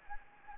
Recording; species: mosquito wingbeat signal from an infrared sensor; Anopheles gambiae